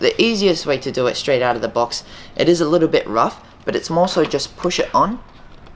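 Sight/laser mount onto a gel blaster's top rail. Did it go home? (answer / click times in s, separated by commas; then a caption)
no / none. Someone talks while a plastic sight (laser unit) is being pushed onto the top Picatinny rail of a SCAR V2 gel blaster. The sight has not yet clicked or seated on the rail.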